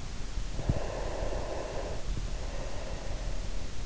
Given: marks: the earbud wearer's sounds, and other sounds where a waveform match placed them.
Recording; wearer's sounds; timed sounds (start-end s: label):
sounds in sleep by an in-ear microphone; breath
0.62-3.67 s: breath